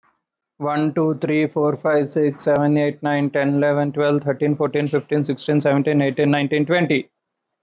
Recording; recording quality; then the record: counting at a normal pace; excellent, no background noise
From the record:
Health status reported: healthy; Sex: female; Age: 56 years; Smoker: no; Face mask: not worn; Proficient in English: no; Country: India